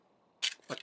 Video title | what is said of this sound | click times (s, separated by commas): Master Made TITAN (Metroplex): EmGo's Transformers Reviews N' Stuff | when you bring the legs up you'll hear a click | 0.8 s